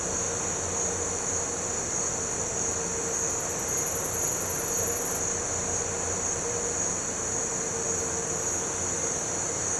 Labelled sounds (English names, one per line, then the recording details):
none
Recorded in pastures near Puerto Asís, Putumayo, Colombia, on 4 March 2025 at 17:00
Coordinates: 0.466, -76.322
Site CSA-02